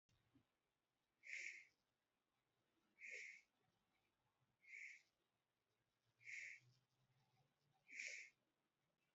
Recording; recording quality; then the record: shallow breathing; excellent, no background noise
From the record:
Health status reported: healthy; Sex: male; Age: 31 years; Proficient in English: yes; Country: India